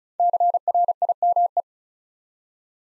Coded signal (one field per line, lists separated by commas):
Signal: Morse code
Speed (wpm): 36 wpm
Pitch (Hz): 700 Hz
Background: none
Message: CRIME